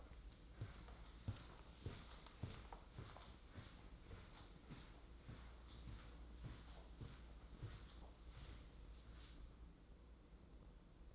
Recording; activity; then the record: daily activity, microphone in the room; walk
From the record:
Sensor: 3